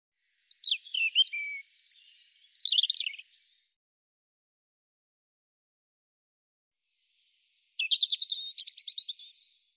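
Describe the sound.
European robin, two sweet high song phrases mixing descending slurs and rapid trilled notes, the second starting with a thin held whistle, a long gap between.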